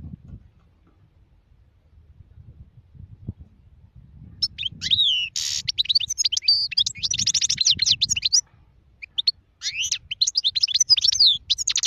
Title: غناءالحسون الخلوي chant chardonneret sauvage